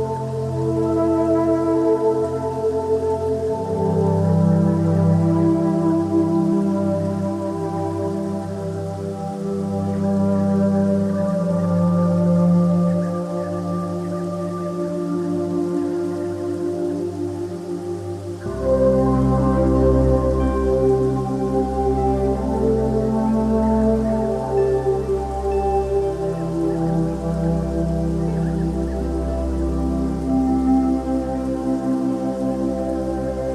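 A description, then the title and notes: Soft instrumental tones blend with a faint patter like light rain, forming a slow, sustained pad of layered notes. The chord shifts gently every few seconds, with a clear change near eighteen seconds into a deeper, fuller low drone. The level stays steady throughout. The melodic blend of natural sounds and soft instrumental tones creates a harmonious environment conducive to peaceful rest.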